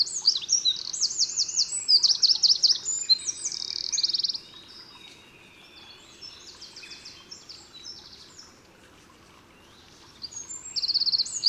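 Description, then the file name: Eurasian wren song, a rapid high outpouring of sharp notes and dry trills for about four seconds, then quieter phrases, and another loud burst of trilling starting near the end. "Troglodytes troglodytes"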